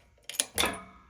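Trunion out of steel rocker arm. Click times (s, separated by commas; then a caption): 0.4 s. A press tool slowly pushes the factory trunion out of a steel 6.0 LS rocker arm. A sharp pop rings out at 0.4 s, followed by a broader, noisier burst around 0.6 s that fades away. The trunion breaks free of the rocker arm.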